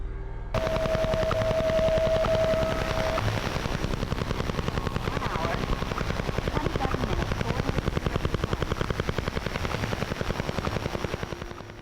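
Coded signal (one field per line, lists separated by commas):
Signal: radar signal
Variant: Russian Woodpecker (Duga)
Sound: rapid steady tapping, about ten knocks per second, with brief steady tone early on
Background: radio static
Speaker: The Duga radar operated by emitting a distinctive repetitive tapping noise, which could be heard across the globe on shortwave radio frequencies. This signal, capable of disrupting commercial and military communications, led to its nickname, “The Russian Woodpecker”. Just listen to it: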